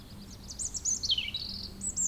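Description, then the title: European robin song, a quick string of very high, thin warbling notes with one dropping slur in the middle, over a soft low hum. Sung at sunset on the shore of Lac du Bourget near the chapel, Brison-Saint-Innocent, France, with the nearby road closed to traffic and the area quiet. "28 Chem. de la Chapelle, Brison-Saint-Innocent, France - rouge-gorge."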